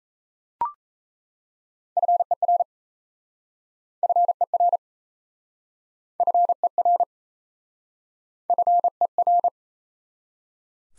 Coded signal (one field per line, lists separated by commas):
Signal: Morse code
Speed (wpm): 37 wpm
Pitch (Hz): 700 Hz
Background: none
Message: FER FER FER FER